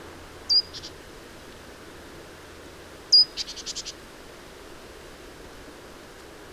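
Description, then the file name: Great tit calling a sharp high note followed by a short buzzy churr, heard twice, the second churr longer, against quiet background hiss. "Parus major"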